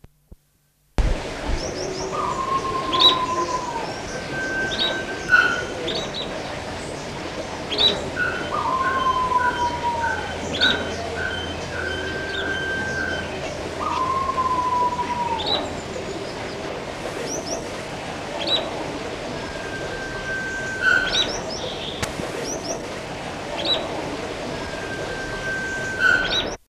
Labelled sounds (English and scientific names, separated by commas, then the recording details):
Black Bee-eater (Merops gularis) call, Sunbittern (Eurypyga helias)
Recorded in captivity
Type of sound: call
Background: Eurypyga helias
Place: Vogelpark Walsrode, Niedersachsen, DE
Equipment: Halbspur, 9,5 cm/s
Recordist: Lütgens, Hans
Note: Mit Sonnenralle